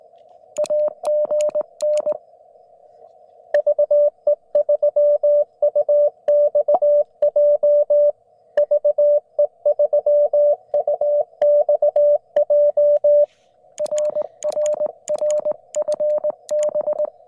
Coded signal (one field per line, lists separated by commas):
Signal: Morse code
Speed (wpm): 20 wpm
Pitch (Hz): 590 Hz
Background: none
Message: AGN VE3UXJ VE3UXJ RRR FB